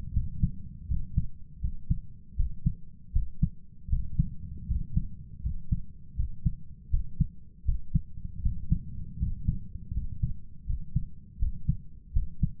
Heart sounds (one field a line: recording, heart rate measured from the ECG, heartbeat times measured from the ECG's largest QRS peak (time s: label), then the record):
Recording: heart sounds by stethoscope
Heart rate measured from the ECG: 80 bpm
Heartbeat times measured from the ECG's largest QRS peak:
0.12 s: heartbeat
0.87 s: heartbeat
1.60 s: heartbeat
2.35 s: heartbeat
3.11 s: heartbeat
3.88 s: heartbeat
4.66 s: heartbeat
5.41 s: heartbeat
6.15 s: heartbeat
6.89 s: heartbeat
7.64 s: heartbeat
8.41 s: heartbeat
9.18 s: heartbeat
9.92 s: heartbeat
10.65 s: heartbeat
11.38 s: heartbeat
12.12 s: heartbeat
From the record:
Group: healthy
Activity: cold pressor test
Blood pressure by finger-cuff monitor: 99/68 mmHg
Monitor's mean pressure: 75 mmHg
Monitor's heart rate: 80 bpm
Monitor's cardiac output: 6.7 L/min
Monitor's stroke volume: 84 mL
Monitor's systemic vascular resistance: 800 dyn s/cm5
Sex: male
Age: 23 years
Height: 178 cm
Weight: 96.6 kg